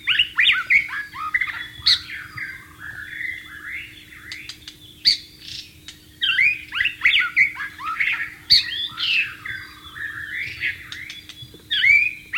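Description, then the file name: White-rumped shama song: repeated bursts of loud, varied whistles and crisp chattering notes every few seconds, over a steady faint hum. Wild bird, in the wild. "suara burung murai batu di alam liar"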